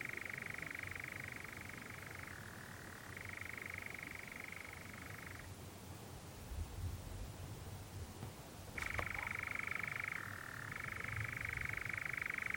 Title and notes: Sound Escape 20: the mesmerising churring of a nightjar on a summer's night. it's a warm June evening on a hill in the Brecon Beacons and the strange churring of a nocturnal bird called the nightjar